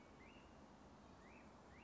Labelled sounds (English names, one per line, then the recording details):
Black-headed Grosbeak
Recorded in Sonoma County, California